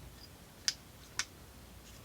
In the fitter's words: you'll feel it click into place once you got it right there